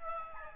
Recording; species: mosquito wingbeat signal from an infrared sensor; Aedes albopictus